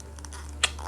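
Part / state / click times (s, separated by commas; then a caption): helmet onto action figure head / seated / 0.6 s. A soft plastic space helmet is pushed down over an action figure's head, with faint light rubbing and ticking against a steady low hum. A single sharp click at 0.6 s marks the helmet snapping into place, fully seated.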